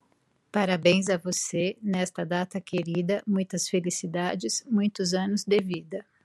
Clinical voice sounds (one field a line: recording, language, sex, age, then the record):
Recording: short text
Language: Brazilian Portuguese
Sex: female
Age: 50 to 59 years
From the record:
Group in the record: control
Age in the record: 53 years